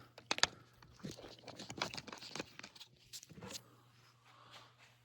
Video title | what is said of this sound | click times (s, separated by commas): Subaru Engine Install | It clicks in place. | 0.3 s, 0.4 s